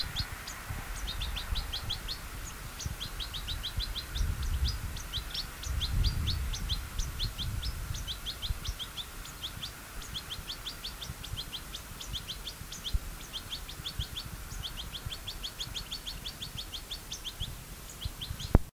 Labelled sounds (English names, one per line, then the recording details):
European Goldfinch call
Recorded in the wild
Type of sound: call
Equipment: Halbspur, 9,5 cm/s
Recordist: Lütgens, Hans
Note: "Ölberg" (Israel?), 1973